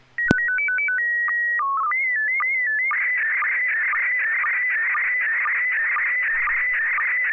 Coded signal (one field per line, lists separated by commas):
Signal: SSTV (slow-scan television)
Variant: PD 120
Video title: N6NA SSTV Net - 06/16/2021